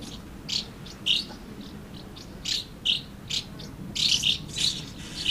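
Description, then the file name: Swallows uttering short separate chirps, growing busier toward the end, against a low background rumble. Several swallows recorded at Amblagnieu on 2 July 2017 with an MZ-N710 recorder. "Hirondelles Amblagnieu 2 07 17"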